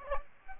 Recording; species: mosquito wingbeat signal from an infrared sensor; Aedes aegypti